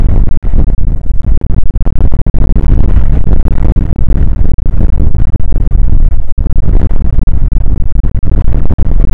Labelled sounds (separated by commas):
wind